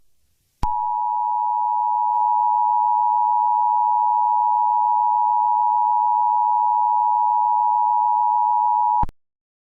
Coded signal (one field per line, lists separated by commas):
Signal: Emergency Alert System (SAME) tones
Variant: 853 and 960 Hz attention tone